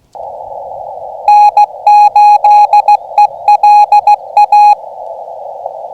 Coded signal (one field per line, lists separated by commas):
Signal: Morse code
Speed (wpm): 16 wpm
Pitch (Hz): 830 Hz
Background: radio noise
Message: N8ELA